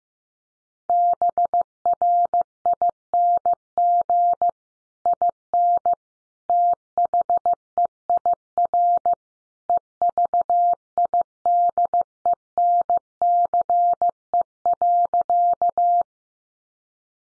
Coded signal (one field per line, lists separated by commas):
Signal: Morse code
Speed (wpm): 15 wpm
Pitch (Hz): 700 Hz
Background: none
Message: BRING IN THEIR EVIDENCE.